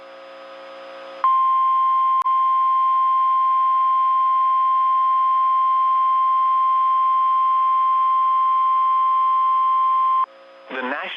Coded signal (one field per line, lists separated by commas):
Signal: Emergency Alert System (SAME) tones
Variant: 1050 Hz attention tone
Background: speech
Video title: EAS TORNADO WARNING for Melissa, TX! - March 14, 2024